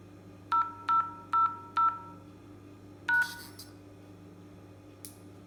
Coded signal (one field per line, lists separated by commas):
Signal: DTMF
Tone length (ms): 760 ms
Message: 00#